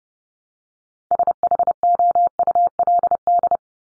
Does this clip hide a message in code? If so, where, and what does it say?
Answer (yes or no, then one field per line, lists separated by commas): yes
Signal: Morse code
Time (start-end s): 1.1-3.6 s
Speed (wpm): 30 wpm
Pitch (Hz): 700 Hz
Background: none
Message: SHOULD